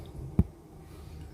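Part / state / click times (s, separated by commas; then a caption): spout into kitchen mixer tap body / seated / 0.4 s. The spout of a kitchen mixer tap is pushed all the way into the tap body until it snaps into place. A single short, low-pitched click is heard at 0.4 s against a quiet background. The spout has fitted properly and is seated.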